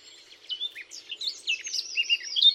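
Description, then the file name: Eurasian blackcap producing a brief, lively run of varied high chirps and slurred notes that grow louder and denser over a couple of seconds. "Sylvia atricapilla"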